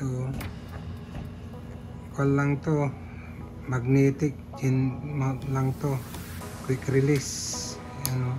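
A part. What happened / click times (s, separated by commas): Handled, not yet home: the mount has not clicked in / none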